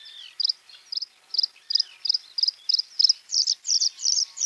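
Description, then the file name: Bluethroat singing a steady series of ringing double notes, about three per second, growing louder and fuller toward the end. "varakushka"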